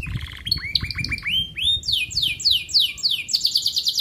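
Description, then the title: Canary song: rapid varied phrases of repeated upswept notes, then fast descending buzzy sweeps, continuous and bright. Domestic canary, described as an energetic singer with elaborate song variations and rich fill-in phrases. "Kenari Gacor Cengkok Terbaik Isian Paling Mewah"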